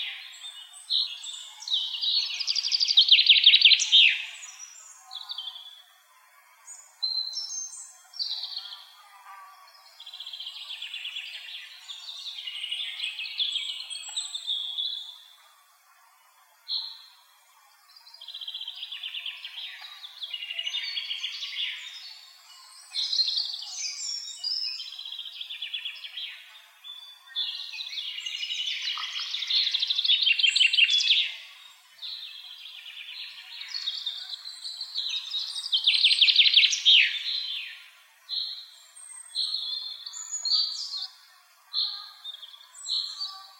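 A forest soundscape filled with bright, overlapping bird calls and chirps that come in dense bursts every few seconds, strongest around 3, 29 and 36 seconds. Nothing low sits beneath them, and brief near-silent gaps appear around 16 and 37 seconds.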